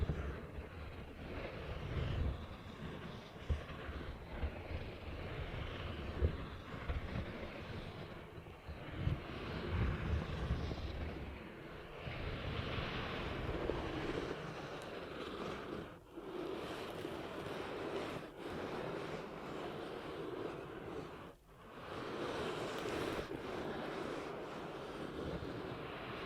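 Ear cupping sounds: a dense, muffled rushing that holds steady, heavy in the low end like a rumbling engine. The rubbing texture shifts slightly throughout, and brief near-silent gaps break it around 16 and 21 seconds before the rush resumes.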